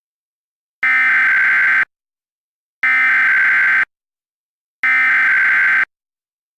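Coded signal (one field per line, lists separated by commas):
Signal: Emergency Alert System (SAME) tones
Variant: header bursts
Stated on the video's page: Simulated EAS scenario.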